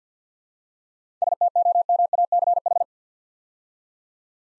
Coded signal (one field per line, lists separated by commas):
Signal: Morse code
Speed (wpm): 46 wpm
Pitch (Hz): 700 Hz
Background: none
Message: STOMACH